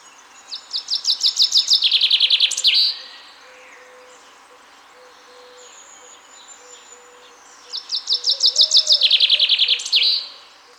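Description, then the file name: Common chaffinch singing two complete phrases several seconds apart, each a cascading run of rapid high notes dropping in pitch and closing with an emphatic terminal flourish. "Fringilla coelebs"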